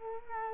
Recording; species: mosquito wingbeat signal from an infrared sensor; Culex quinquefasciatus